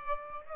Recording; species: mosquito wingbeat signal from an infrared sensor; Aedes aegypti